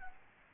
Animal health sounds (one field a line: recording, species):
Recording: mosquito wingbeat signal from an infrared sensor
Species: Aedes albopictus